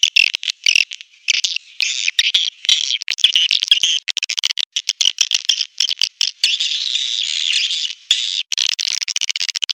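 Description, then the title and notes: Swiftlet calls as rapid high clicks and buzzy chirping bursts, stuttering on and off with short silent breaks throughout. Swiftlet calls used as a lure sound in swiftlet bird farming, Asia. "Swiflet Bird Sound. Farming Swiflet Bird asia sound"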